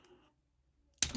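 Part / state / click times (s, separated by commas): plastic side piece on a transforming robot toy figure / seated / 1.0 s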